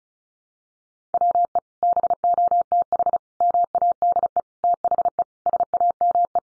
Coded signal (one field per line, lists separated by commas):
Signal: Morse code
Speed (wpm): 34 wpm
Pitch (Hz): 700 Hz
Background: none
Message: WE BOTH MADE THE SAME